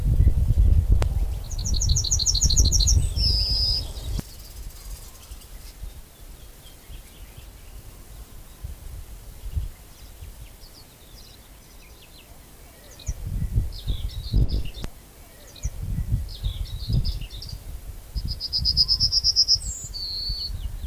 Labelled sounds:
Yellowhammer song
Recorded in the wild
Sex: male
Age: adult
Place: Köppchensee, Berlin, DE
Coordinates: 52.6167, 13.3667
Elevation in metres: 40
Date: 2000-05-21 13:40
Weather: heiter, 17°C
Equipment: Nagra SN, Kopie Uher 4000 Report Monitor
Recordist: Tembrock, Günter

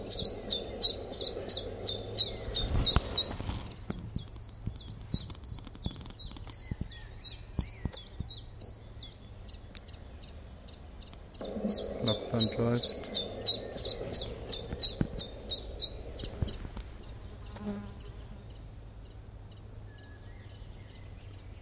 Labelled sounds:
Common Chiffchaff
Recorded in the wild
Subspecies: collybita
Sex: male
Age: adult
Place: im Schönbuch in der Nähe von Entringen bei Ammerbuch, Schönbuch, Baden-Württemberg, DE
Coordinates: 48.5956, 8.98278
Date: 1969-06-18 16:20
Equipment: Nagra III PH, MD 211, PES 26
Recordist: Schneider, Hans-Joachim

